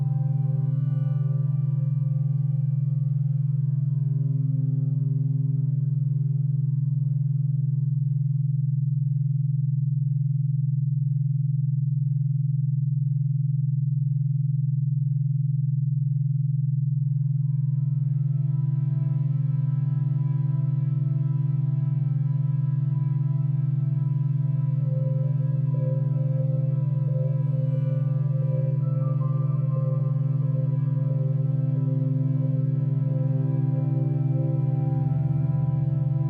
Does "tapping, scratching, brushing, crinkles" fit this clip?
no